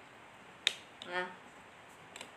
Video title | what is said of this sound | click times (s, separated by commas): Triopod Takara ECO-173a Review | Nah, sudah terkunci, guys. | 0.7 s